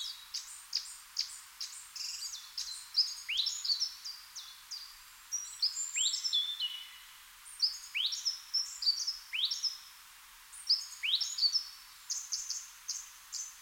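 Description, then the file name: Eurasian blackcap giving a lively warbled song, mixing sharp chips with rising and falling whistled notes in irregular phrases over about thirteen seconds. "Sylvia atricapilla"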